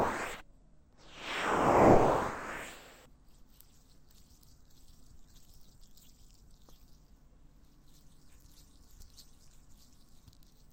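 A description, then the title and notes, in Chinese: Ear massage with lotion begins with a brief rub, then a loud, full swell of rubbing peaks around the second second and fades by the third. After that only a soft, steady hiss remains, with faint scattered touches and a small tap near seven seconds. ASMR×KU100 | 乳液耳朵按摩 | Ear Massage | NO Talking。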